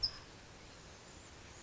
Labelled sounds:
California Towhee
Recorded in Sonoma County, California

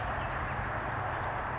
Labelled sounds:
Bewick's Wren
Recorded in Sonoma County, California

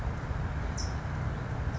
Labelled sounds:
California Towhee
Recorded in Sonoma County, California

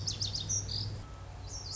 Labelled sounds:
Lazuli Bunting
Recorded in Sonoma County, California

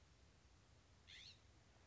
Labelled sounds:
California Scrub-Jay
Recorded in Sonoma County, California

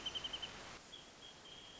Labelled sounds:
Wrentit
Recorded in Sonoma County, California

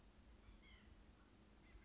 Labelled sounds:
White-breasted Nuthatch
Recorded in Sonoma County, California

